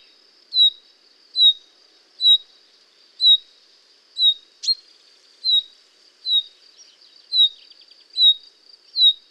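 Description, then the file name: Common chaffinch calling: brief descending notes repeated about ten times, a single sharp click near the middle, and a persistent high hum throughout. "Fringilla coelebs"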